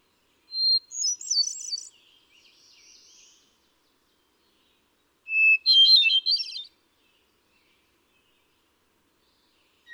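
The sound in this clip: Hermit thrush song: two separate phrases, each opening with a long pure whistled note followed by a fluty, tumbling cascade of higher notes, about five seconds apart.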